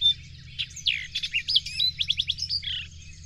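Bird singing a fast, jumbled phrase of high whistles, chirps and clipped notes that ends with a short rapid series, over a faint low droning hum.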